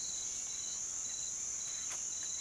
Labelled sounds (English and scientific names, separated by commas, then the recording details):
none
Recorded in pastures near Puerto Asís, Putumayo, Colombia, on 19 June 2025 at 06:00
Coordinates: 0.487, -76.322
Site H26